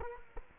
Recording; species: mosquito wingbeat signal from an infrared sensor; Culex quinquefasciatus